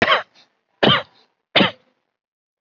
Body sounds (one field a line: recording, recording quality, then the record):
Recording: heavy voluntary cough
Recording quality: excellent, no background noise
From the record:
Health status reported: COVID-19 positive, mild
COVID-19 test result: positive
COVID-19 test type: RT-PCR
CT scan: not taken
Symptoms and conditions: none ticked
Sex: male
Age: 33 years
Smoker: no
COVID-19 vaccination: one dose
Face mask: not worn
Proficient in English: yes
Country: India